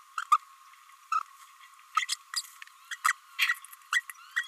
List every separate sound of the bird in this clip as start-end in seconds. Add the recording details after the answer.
0.31-0.37, 1.11-1.20, 1.95-2.05, 2.90-2.96, 3.04-3.14, 3.47-3.56, 3.92-4.02, 4.36-4.43. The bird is a female. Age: 29 days. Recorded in a nest box in Venezuela. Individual 17B32A5